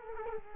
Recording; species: mosquito wingbeat signal from an infrared sensor; Culex quinquefasciatus